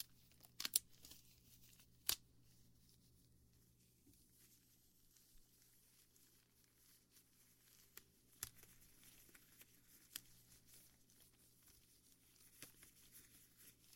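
Gentle ear brushing and soft swab strokes make a quiet, hissy rustle over a low steady hum. Sharp scratchy taps stand out near the start, around two seconds, and again at about eight and a half seconds, with fainter crinkles scattered between.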